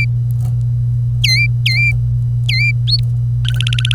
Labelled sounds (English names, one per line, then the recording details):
Domestic Canary song
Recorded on 25 April 2018 at 09:11
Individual llb3